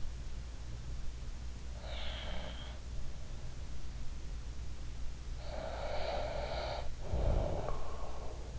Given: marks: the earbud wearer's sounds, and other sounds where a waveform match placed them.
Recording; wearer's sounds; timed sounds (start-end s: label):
sounds in sleep by an in-ear microphone; breath, snoring breath
1.77-2.78 s: breath
5.51-8.59 s: snoring breath